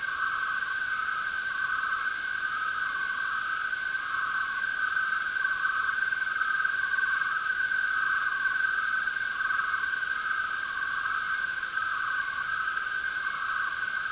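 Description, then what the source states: Crickets chirping in a dense chorus, a steady high trill with pulsing bursts over constant hiss. Many crickets.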